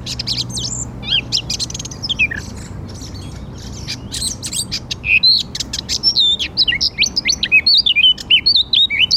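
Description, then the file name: Eurasian blackcap song: a rapid, varied warble of scratchy notes and clear whistles, building louder toward the end, with a low hum underneath at first. "Sylvia atricapilla"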